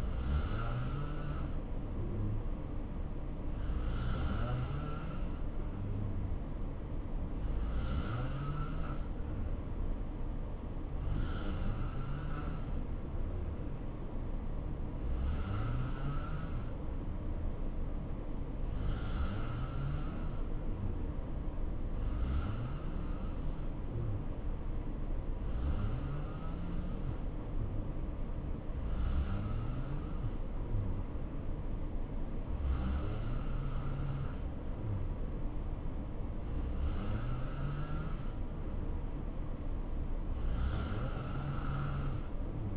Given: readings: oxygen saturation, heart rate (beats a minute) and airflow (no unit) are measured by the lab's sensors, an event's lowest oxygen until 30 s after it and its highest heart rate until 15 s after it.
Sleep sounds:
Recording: breathing in sleep by a smartphone at the bedside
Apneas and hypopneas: none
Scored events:
none scored
From the record:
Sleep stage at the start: N2 (light sleep)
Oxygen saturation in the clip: 86 to 89%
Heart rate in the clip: 64 to 71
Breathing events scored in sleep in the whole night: 277 in 7.4 hours asleep

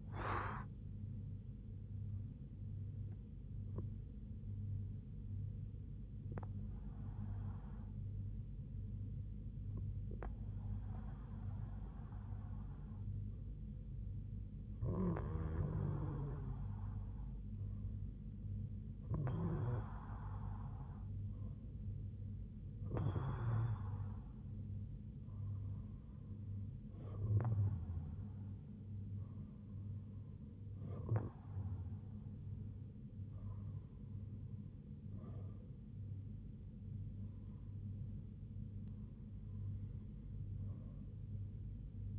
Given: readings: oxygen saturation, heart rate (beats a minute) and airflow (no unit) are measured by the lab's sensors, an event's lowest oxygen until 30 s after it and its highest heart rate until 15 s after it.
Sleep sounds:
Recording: breathing in sleep by a smartphone at the bedside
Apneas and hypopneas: none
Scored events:
none scored
From the record:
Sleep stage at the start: N1 (lightest sleep)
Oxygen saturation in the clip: 96 to 97%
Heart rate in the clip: 72 to 80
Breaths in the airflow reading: 10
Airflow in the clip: -5.4 to 4.3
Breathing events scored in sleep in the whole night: 158 in 7.3 hours asleep

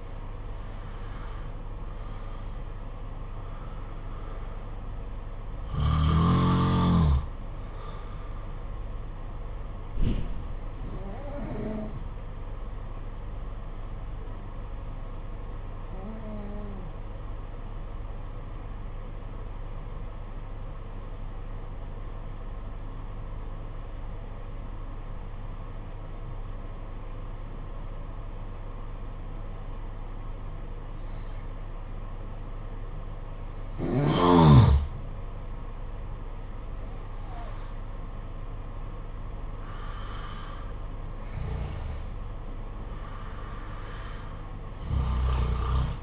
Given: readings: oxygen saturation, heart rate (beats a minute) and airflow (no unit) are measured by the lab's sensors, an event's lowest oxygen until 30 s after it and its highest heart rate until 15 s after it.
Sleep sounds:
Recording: breathing in sleep by a smartphone at the bedside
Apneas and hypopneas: 1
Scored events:
14.00-34.20 s: hypopnea (N1, oxygen 95% highest, then 86% lowest, heart rate 50 at the start, 63 highest)
14.00-46.03 s: new sleep stage, N2 (light sleep)
From the record:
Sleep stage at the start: N1 (lightest sleep)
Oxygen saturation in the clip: 86 to 95%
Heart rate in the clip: 50 to 63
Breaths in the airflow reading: 8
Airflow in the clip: -8.2 to 9.1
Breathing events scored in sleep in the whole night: 476 in 9.7 hours asleep

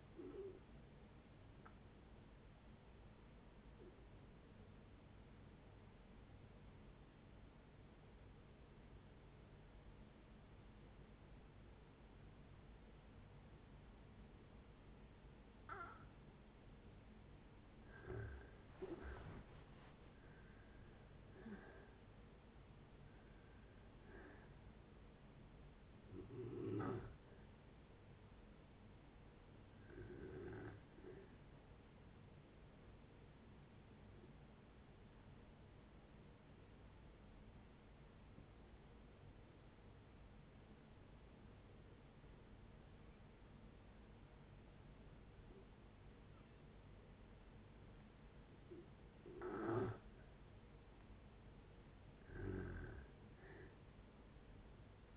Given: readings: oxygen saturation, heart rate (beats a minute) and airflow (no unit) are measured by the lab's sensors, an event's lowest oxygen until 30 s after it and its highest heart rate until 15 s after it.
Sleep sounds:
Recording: breathing in sleep by a voice recorder at the bedside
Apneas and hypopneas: 2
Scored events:
4.00-18.10 s: obstructive apnea (N1, oxygen 94% highest, then 82% lowest)
32.00-50.90 s: hypopnea (N1, oxygen 97% highest, then 87% lowest)
From the record:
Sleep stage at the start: N1 (lightest sleep)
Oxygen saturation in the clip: 82 to 97%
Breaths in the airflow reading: 9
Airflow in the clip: -9.0 to 10.4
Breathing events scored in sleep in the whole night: 496 in 5.4 hours asleep

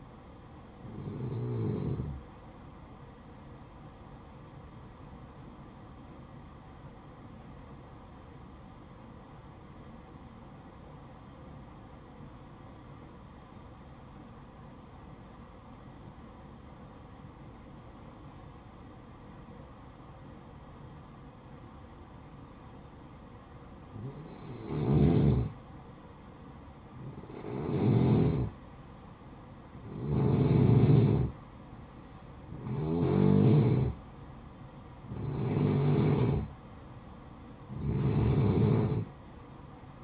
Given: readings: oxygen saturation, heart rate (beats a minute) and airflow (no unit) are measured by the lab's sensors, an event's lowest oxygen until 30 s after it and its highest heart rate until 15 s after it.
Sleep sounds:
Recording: breathing in sleep by a smartphone at the bedside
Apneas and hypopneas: 1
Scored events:
8.00-25.40 s: obstructive apnea (N2, oxygen 96% highest, then 90% lowest, heart rate 57 at the start, 65 highest)
8.00-40.04 s: new sleep stage, N2 (light sleep)
From the record:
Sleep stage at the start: N1 (lightest sleep)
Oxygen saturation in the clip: 91 to 96%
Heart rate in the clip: 55 to 65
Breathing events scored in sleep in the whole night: 573 in 9.8 hours asleep

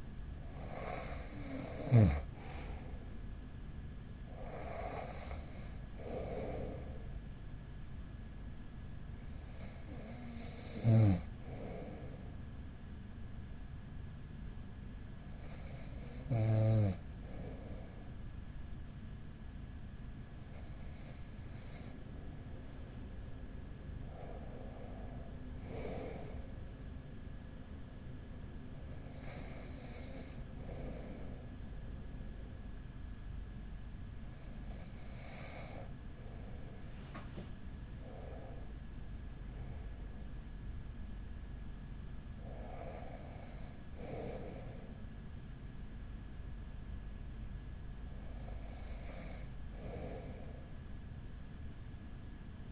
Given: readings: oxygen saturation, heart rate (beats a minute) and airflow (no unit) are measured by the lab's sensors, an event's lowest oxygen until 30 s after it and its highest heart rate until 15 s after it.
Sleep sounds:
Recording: breathing in sleep by a smartphone at the bedside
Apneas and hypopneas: 1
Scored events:
20.00-40.30 s: hypopnea (N1, oxygen 95% highest, then 95% lowest)
From the record:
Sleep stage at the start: N1 (lightest sleep)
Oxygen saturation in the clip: 94 to 95%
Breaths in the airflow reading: 11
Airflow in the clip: -6.7 to 4.8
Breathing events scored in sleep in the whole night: 207 in 7.6 hours asleep

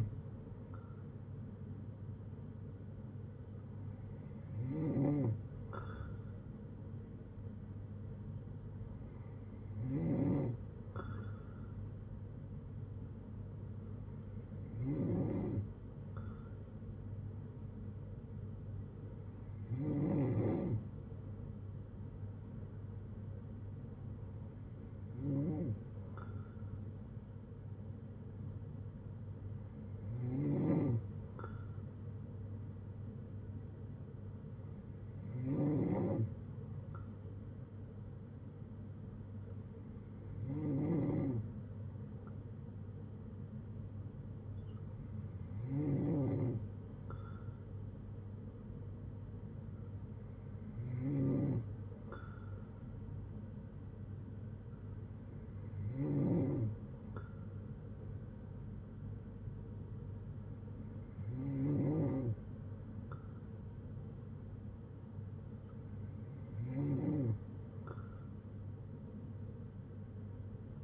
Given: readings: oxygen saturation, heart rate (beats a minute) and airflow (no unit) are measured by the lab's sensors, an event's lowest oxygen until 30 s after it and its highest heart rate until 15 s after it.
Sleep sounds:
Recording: breathing in sleep by a smartphone at the bedside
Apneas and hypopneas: none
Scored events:
54.00-70.84 s: new sleep stage, N3 (deep sleep)
From the record:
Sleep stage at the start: N2 (light sleep)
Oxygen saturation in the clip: 94 to 96%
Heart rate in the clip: 57 to 69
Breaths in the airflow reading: 15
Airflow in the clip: -7.1 to 5.6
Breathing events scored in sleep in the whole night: 182 in 7.4 hours asleep

